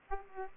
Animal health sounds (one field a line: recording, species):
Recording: mosquito wingbeat signal from an infrared sensor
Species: Aedes aegypti